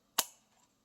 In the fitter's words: and we're going to plug him into the connector or the socket for the connector i should say and until we hear a click